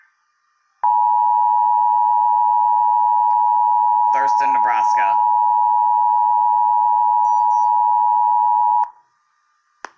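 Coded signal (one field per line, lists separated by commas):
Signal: Emergency Alert System (SAME) tones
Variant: 853 and 960 Hz attention tone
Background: speech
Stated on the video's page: Severe thunderstorm warning from NWS Omaha, with a failed start at the beginning.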